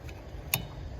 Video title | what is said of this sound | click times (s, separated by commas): How to replace wipers on a 2003 Ford F-150 | and it locks in place. | 0.5 s